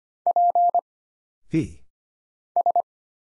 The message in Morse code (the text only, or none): P S